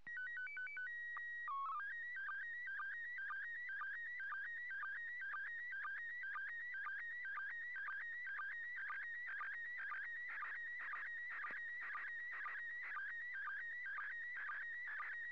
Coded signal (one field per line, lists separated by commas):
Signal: SSTV (slow-scan television)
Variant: PD 120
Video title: 29th First Pass. Slow Scan Television (SSTV) images transmitted from the International Space Station